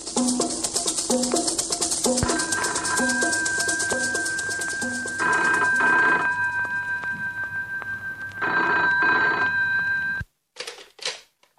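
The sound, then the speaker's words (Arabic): A telephone rings in a long run of repeated bursts, a bright jangling bell over a steady high tone, loud throughout, then cuts off abruptly and is followed by a couple of short clicks. “الو التليفون كويس؟”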